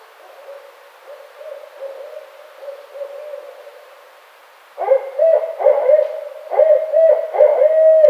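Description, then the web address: Barred owl calling: soft low hoots at first, then several loud hoots in quick bursts. Recorded 29 May 2009. "Barred Owl 2009 05 29"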